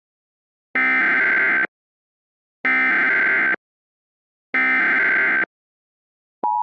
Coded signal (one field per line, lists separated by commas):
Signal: Emergency Alert System (SAME) tones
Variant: header bursts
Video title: The Triggering (Troll EAS Scenario)